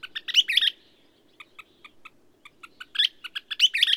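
Bird delivering a loud chattering burst, then a run of soft, evenly spaced clipped notes, ending with another rapid, jumbled chattering phrase.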